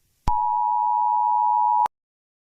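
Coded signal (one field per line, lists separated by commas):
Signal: Emergency Alert System (SAME) tones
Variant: 853 and 960 Hz attention tone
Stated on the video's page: Fictional EAS scenario, not a real alert.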